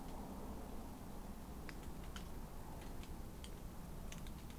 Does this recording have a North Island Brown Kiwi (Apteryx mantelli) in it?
no